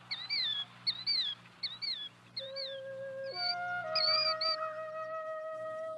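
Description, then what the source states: Killdeer: a few shrill calls that rise and fall, then steady sustained tones. Named after its call; a common plover of America; hard to see, easy to hear.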